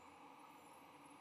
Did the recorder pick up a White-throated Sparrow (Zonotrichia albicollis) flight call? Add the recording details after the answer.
no. No flight call is heard. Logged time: 08:02 on 22 November 2014